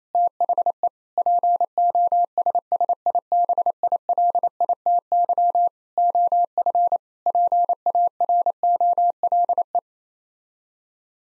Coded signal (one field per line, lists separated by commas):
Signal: Morse code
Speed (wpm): 28 wpm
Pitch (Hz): 700 Hz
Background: none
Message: THE POSSIBILITY OF PAROLE